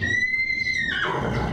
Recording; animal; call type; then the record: contact call of a hoofed animal; horse; whinny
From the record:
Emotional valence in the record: negative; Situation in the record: group separation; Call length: 1.53 s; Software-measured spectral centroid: 1950 Hz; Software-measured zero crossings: 3260 a second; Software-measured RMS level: -24 dBFS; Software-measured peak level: -11 dBFS